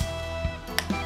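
A small altimeter is pressed into a plastic snap mount on a water rocket over background music. One sharp click is heard at 0.8 s as the tabs lock and the altimeter seats in the mount.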